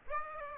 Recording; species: mosquito wingbeat signal from an infrared sensor; Aedes aegypti